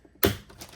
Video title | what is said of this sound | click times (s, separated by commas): Cidava 13" T-Style Radio Install Ford F-150 & Superduty | they just snap into place. | 0.2 s